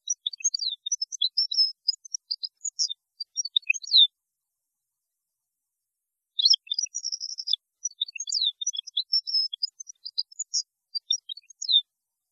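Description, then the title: European goldfinch song: two long phrases of rapid, liquid twittering with buzzy trills. "Chant Chardonneret"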